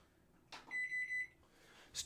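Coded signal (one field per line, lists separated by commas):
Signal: none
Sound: a microwave's error beeps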